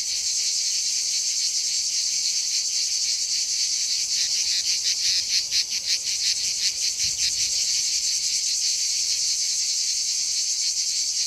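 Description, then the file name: Cicada singing a continuous loud, high, hissing buzz with a faint rapid pulsing that briefly sharpens in the middle. "CHANT CIGALE"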